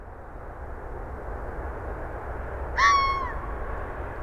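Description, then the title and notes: Red fox giving one brief, harsh, ringing call that falls a little at the end, set against constant low road noise. Calling in west Dyke Marsh around 6:35 PM on 20 December 2015; cars on a nearby parkway audible; Fostex FR-2, Sennheiser ME62 and Telinga parabola; fade in/out only. "Red Fox calling in west Dyke Marsh about 6:35PM 12/20/2015"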